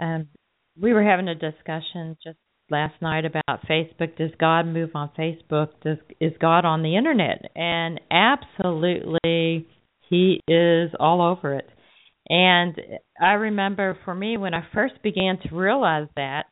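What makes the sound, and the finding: Adult speaker. Typical speech.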